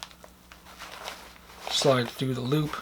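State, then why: Not seated. A plastic panel clip for a Hypalon loop on a Triple Aught Design Parallax Messenger Bag is picked up and lined up before being slid through the loop, making light crinkling handling noises and a few faint ticks. Someone then talks. The clip has not yet seated or clicked.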